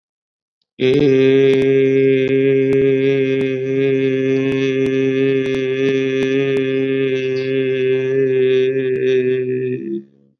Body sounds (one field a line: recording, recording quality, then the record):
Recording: sustained vowel as in made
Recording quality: excellent, no background noise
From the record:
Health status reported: COVID-19 positive, mild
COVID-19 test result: positive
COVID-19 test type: rapid antigen test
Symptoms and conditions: cough, fever, muscle pain, diarrhoea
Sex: male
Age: 27 years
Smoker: no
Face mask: not worn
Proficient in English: yes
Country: India